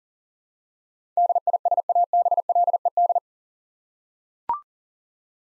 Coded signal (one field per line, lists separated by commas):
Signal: Morse code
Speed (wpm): 40 wpm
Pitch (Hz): 700 Hz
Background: none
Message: DISABLED